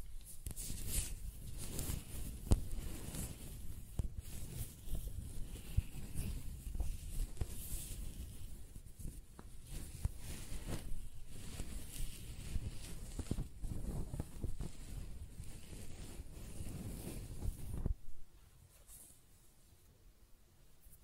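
Hair is scratched and stroked close-up in dense, uneven rustling bursts with low rumbling, continuing steadily before stopping abruptly near eighteen seconds.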